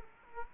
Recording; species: mosquito wingbeat signal from an infrared sensor; Culex quinquefasciatus